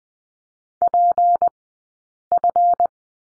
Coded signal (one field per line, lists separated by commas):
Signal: Morse code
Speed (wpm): 20 wpm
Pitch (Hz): 700 Hz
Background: none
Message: PF